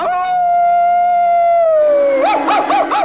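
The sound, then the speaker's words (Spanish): An old coyote howls at the moon: one long, steady, loud wail that slides down in pitch, then breaks into a rapid wavering warble near the end. “Eso no es más que un viejo coyote que le aúlla a la luna.”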